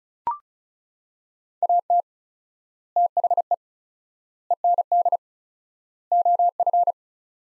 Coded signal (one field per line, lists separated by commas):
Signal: Morse code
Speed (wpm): 34 wpm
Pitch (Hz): 700 Hz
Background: none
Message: AT THE END OF